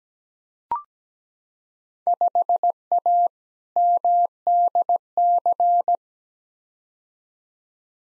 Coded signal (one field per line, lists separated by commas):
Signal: Morse code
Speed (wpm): 17 wpm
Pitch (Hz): 700 Hz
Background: none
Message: 5A MDC